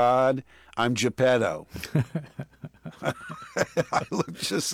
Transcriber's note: laughter